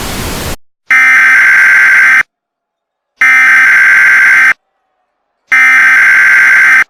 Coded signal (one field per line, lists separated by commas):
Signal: Emergency Alert System (SAME) tones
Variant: header bursts